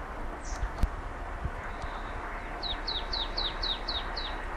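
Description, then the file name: Marsh tit giving a quick run of seven high, falling chip notes in the second half, over steady low background noise. "Poecile palustris"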